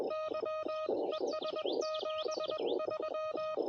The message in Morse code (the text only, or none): YES 73